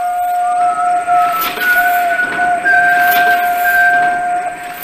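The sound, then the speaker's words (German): A steam locomotive, Emma from Jim Knopf und Lukas der Lokomotivführer, blows a long, steady two-tone whistle that holds for several seconds, a lower note under a higher one that steps up partway, over a rumbling, rhythmic chuff. “Emma schnaufte und pfiff vor Vergnügen und manchmal pfiff auch Lukas ein Liedchen vor sich hin und dann pfiffen sie zweistimmig, was sich sehr lustig anhörte, besonders in den Tunnels, weil es da so schön hallte.”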